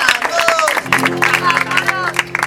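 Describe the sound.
An audience at a live music performance bursts into applause and cheering for a guest singer: dense, continuous clapping with rising whoops and shouted voices on top, and a steady low hum entering underneath about a third of the way in.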